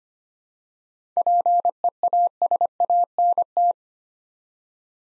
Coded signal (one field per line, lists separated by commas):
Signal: Morse code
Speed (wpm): 25 wpm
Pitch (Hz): 700 Hz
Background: none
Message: PEASANT